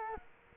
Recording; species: mosquito wingbeat signal from an infrared sensor; Culex quinquefasciatus